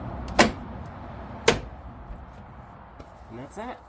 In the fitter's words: And you'll hear it click into place.